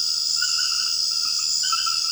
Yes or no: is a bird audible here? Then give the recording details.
no. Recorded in secondary vegetation near Puerto Asís, Putumayo, Colombia, on 8 March 2025 at 22:00. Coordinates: 0.488, -76.319. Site G095